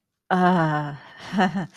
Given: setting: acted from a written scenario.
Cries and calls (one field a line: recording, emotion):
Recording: vocal sound without words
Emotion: embarrassment